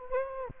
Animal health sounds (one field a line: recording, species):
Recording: mosquito wingbeat signal from an infrared sensor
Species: Anopheles gambiae